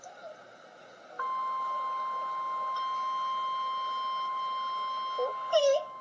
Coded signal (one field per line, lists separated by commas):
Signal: Emergency Alert System (SAME) tones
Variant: 1050 Hz attention tone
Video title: REAL EAS 987-TOR